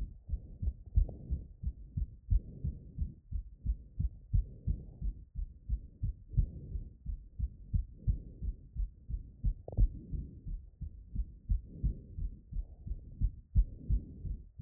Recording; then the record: heart sounds by stethoscope after running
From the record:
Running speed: 6 mph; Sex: female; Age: 18 to 19 years